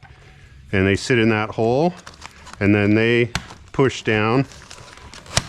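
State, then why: Seated. Plastic tabs on a chrome grille trim piece for a Ford F250 Super Duty are set into holes in the truck's grille backing support and pushed down while someone talks. A few faint ticks come at the end, then the pieces click together with a sharp, loud snap at 5.4 seconds, seated.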